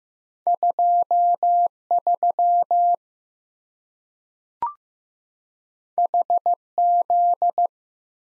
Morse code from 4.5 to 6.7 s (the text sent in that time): H